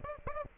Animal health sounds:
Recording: mosquito wingbeat signal from an infrared sensor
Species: Aedes aegypti

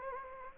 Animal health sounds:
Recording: mosquito wingbeat signal from an infrared sensor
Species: Anopheles gambiae

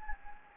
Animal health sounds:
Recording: mosquito wingbeat signal from an infrared sensor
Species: Anopheles gambiae

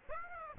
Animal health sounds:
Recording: mosquito wingbeat signal from an infrared sensor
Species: Aedes aegypti

